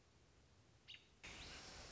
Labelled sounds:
American Robin (Turdus migratorius)

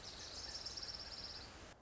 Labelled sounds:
Orange-crowned Warbler (Leiothlypis celata)

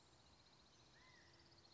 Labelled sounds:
California Quail (Callipepla californica)

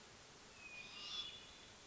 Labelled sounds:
Hermit Thrush (Catharus guttatus)

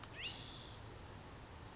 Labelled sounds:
California Towhee (Melozone crissalis)

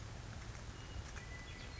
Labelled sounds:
Western Meadowlark (Sturnella neglecta)

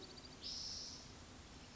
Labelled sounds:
Spotted Towhee (Pipilo maculatus)

